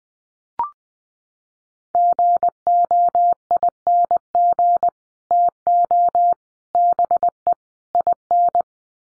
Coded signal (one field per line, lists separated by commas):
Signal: Morse code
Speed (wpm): 20 wpm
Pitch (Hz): 700 Hz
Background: none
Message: GOING TO BE IN